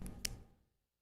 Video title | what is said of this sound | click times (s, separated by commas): WDWNT 2025 Fall Blowout Auction - Day 1 | you can hear the click. | 0.2 s